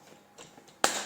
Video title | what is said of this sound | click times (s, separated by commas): Cornets Chantilly Framboises (cornets Tupperware) | voilà, il faut bien entendre le clic, pour garnir donc les cornets. | 0.8 s